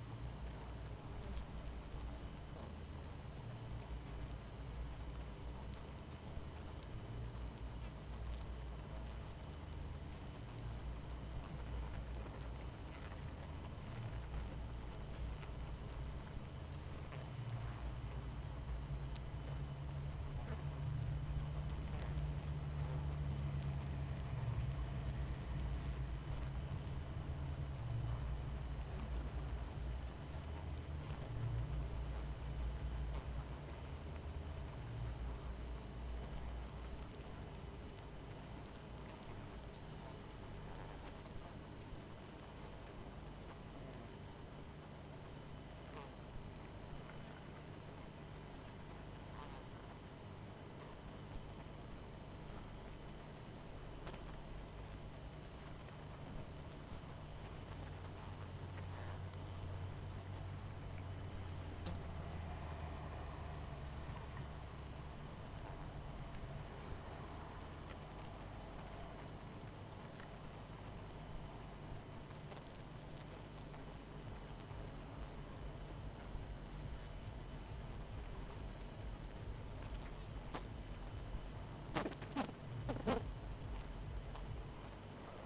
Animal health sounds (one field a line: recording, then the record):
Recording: honeybee colony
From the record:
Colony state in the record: missing queen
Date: 14 July 2017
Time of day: 23:56